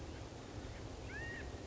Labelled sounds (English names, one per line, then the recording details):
California Quail
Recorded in Sonoma County, California